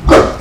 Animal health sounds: pig call; growing-finishing pig (85 days or more)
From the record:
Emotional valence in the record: positive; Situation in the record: run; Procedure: transit

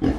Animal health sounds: pig call; growing-finishing pig (85 days or more)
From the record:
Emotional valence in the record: negative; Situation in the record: barren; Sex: female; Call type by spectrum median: low-frequency call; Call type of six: low-frequency modulated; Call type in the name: low-frequency modulated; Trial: 4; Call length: 0.19 s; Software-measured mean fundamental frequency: 49 Hz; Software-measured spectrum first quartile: 159 Hz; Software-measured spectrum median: 274 Hz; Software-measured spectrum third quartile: 412 Hz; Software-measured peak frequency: 281 Hz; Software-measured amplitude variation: 173 dB a second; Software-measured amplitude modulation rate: 18.6 a second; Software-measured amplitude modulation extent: 9.3 dB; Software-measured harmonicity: 1.0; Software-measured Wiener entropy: -0.74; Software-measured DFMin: 866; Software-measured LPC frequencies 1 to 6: 324, 1781, 2970, 4167, 5054, 6002 Hz

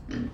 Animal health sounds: pig call; growing-finishing pig (85 days or more)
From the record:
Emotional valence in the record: negative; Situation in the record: barren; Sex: female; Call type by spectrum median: low-frequency call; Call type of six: low-frequency tonal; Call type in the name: low-frequency stable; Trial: 1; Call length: 0.34 s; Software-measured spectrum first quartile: 180 Hz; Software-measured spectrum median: 274 Hz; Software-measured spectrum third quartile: 631 Hz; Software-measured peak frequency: 255 Hz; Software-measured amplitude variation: 191 dB a second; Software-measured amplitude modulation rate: 27.9 a second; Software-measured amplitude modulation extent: 6.8 dB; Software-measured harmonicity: 2.6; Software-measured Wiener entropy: -0.71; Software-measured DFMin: 938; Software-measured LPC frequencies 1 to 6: 277, 1793, 3066, 4156, 4995, 5845 Hz

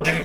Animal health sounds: pig call; piglet (1 to 25 days)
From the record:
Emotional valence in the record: negative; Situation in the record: crushing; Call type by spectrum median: low-frequency call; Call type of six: low-frequency tonal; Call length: 0.25 s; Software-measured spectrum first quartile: 346 Hz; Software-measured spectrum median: 1258 Hz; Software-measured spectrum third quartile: 2287 Hz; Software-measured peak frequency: 1718 Hz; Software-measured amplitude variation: 105 dB a second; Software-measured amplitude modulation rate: 8.1 a second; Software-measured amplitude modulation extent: 13.0 dB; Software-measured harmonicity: 3.0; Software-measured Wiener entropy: -1.39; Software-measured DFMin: 593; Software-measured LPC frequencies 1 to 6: 520, 1737, 2362, 3436, 5313, 5919 Hz

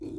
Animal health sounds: pig call; weaner (32 to 43 days)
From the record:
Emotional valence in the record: positive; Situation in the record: positive conditioning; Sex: female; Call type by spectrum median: low-frequency call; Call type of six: low-frequency stable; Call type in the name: low-frequency stable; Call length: 0.18 s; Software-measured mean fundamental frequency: 52 Hz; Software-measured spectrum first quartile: 243 Hz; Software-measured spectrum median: 315 Hz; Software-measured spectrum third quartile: 382 Hz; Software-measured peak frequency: 315 Hz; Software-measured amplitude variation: 153 dB a second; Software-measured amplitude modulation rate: 30.0 a second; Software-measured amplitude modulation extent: 5.1 dB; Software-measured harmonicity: 5.5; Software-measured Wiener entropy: -0.21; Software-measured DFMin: 1329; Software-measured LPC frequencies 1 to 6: 335, 2443, 3551, 4314, 5314, 6176 Hz

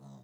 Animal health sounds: pig call; piglet (1 to 25 days)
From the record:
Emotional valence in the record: negative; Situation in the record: short isolation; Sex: female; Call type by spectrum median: low-frequency call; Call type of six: low-frequency stable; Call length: 0.24 s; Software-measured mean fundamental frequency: 49 Hz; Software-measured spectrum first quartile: 162 Hz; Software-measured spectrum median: 262 Hz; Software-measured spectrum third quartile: 972 Hz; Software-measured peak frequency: 135 Hz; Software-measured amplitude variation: 81 dB a second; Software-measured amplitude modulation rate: 39.6 a second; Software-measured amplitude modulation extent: 2.1 dB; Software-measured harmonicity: -0.3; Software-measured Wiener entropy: -0.86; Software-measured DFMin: 770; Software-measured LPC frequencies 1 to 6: 3838, 5046, 6091, 7810, 9354, 11628 Hz

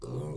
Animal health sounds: pig call; weaner (32 to 43 days)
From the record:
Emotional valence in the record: negative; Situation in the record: novel object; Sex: female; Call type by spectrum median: low-frequency call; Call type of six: low-frequency stable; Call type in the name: low-frequency stable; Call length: 0.36 s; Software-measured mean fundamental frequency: 67 Hz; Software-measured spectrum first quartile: 135 Hz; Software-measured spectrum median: 273 Hz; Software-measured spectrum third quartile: 538 Hz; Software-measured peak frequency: 138 Hz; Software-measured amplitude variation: 121 dB a second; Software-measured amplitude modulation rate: 20.8 a second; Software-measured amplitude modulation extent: 5.8 dB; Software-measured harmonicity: -0.8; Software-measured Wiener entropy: -0.16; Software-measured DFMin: 787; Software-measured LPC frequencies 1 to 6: 392, 1089, 2305, 3320, 3981, 4721 Hz

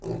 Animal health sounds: pig call; weaner (32 to 43 days)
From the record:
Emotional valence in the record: negative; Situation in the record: short isolation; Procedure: open field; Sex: female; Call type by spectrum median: low-frequency call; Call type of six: low-frequency stable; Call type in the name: low-frequency stable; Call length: 0.20 s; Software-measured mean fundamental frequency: 51 Hz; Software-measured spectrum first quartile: 151 Hz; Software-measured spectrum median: 316 Hz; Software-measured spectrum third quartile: 471 Hz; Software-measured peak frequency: 374 Hz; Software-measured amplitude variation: 155 dB a second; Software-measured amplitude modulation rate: 19.5 a second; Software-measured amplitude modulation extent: 7.9 dB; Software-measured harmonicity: 1.5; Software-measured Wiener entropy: -0.22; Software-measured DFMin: 1398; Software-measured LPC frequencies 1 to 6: 376, 1748, 2600, 4582, 5628, 6801 Hz

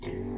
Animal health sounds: pig call; weaner (32 to 43 days)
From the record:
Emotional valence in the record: positive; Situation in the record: positive conditioning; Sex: female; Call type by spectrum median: low-frequency call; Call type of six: low-frequency stable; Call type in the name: low-frequency stable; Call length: 0.38 s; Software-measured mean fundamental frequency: 56 Hz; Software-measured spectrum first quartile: 181 Hz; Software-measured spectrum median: 336 Hz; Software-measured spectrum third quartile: 635 Hz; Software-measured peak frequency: 375 Hz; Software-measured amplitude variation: 103 dB a second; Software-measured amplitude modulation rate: 31.8 a second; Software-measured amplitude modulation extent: 3.3 dB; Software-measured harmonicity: -0.1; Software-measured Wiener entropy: -0.33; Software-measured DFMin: 964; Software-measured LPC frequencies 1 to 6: 359, 2050, 3746, 5024, 5519, 6562 Hz

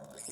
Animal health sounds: pig call; piglet (1 to 25 days)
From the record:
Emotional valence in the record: negative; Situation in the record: long isolation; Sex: male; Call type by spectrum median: high-frequency call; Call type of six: mixed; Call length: 0.33 s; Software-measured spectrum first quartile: 1007 Hz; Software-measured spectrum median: 5997 Hz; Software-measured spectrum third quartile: 8941 Hz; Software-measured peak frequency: 562 Hz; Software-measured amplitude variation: 115 dB a second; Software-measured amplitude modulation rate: 19.8 a second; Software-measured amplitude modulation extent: 5.8 dB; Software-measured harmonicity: 4.4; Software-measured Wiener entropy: -3.04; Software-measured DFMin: 1052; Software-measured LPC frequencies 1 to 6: 574, 2307, 3676, 5242, 6849, 8028 Hz

